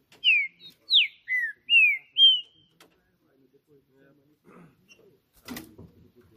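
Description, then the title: Green-winged saltator song: one phrase of five loud whistled notes, slurred and falling or rising, over about two seconds, then near silence with a few faint knocks. Birds singing hard in a song contest on a roof, in a dispute; the Portuguese title calls the singing 'macheando', and two birds named Trinca Justiceiro and FBI are involved. "TRINCA Piando, Cantando E Macheando Na DISPUTA. Trinca Ferro CANTANDO MUITO de CARA em CIMA do TELHADO! Disputa INSANA!! TRINCA JUSTICEIRO & FBI"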